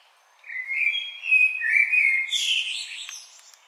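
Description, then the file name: Common blackbird song: a smooth, flute-like warble that slides up and down, ending in a thin, high squeaky flourish. "Turdus merula"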